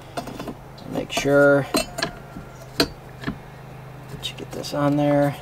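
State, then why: Not seated. While reinstalling the blades on a Milwaukee M18 battery-powered rotary lawn mower, a blade retaining part is fitted on around the blade onto the spindle and pushed toward home, with sharp, short metallic hits and someone talking. The part has not seated or clicked into place yet.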